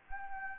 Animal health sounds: mosquito wingbeat signal from an infrared sensor; Anopheles arabiensis

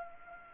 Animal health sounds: mosquito wingbeat signal from an infrared sensor; Culex pipiens

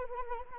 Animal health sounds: mosquito wingbeat signal from an infrared sensor; Anopheles arabiensis

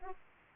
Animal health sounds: mosquito wingbeat signal from an infrared sensor; Aedes aegypti

